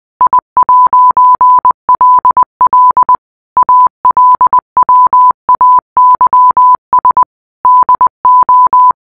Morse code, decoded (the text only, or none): I'LL ALWAYS DO